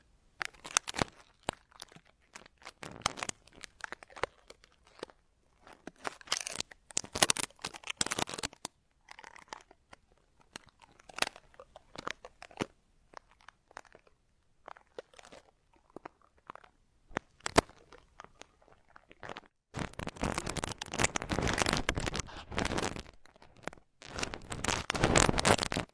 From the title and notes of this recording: Ultra-fine ear touch, immersive experience.